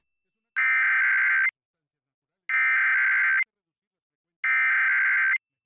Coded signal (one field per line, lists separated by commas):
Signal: Emergency Alert System (SAME) tones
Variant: header bursts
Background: speech